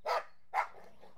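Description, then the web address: Dog giving two quick sharp barks in close succession. Border Collies and Labradors playing. "BBC Sound Effects Library Horses Dogs Border Collies And Labs Playing"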